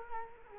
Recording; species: mosquito wingbeat signal from an infrared sensor; Culex quinquefasciatus